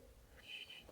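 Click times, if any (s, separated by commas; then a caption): none. A metal retaining clip is being slid over the end of the pin on a Mercedes convertible-top hydraulic cylinder mount. There is quiet handling noise with a brief rise around 0.7 s. Nothing has seated or clicked yet.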